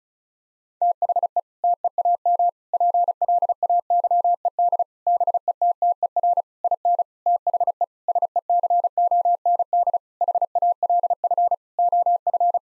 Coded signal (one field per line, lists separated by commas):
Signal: Morse code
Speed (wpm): 36 wpm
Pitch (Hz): 700 Hz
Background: none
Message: THE TEAM PLAYED BETTER IN THE SECOND HALF OF